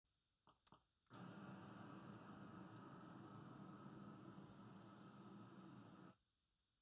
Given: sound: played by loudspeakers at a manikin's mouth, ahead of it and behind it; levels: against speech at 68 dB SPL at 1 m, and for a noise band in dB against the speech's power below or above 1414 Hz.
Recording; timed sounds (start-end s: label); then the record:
test signals for a remote microphone
0.50 s: click
0.75 s: click
1.12-6.12 s: speech-spectrum noise from ahead
From the record:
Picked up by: remote receiver E, fed by microphone B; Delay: 43 ms